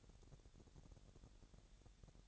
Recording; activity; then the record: daily activity, microphone in the room; take from stove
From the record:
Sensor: 3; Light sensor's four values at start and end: 93/220/91/81 and 93/220/91/81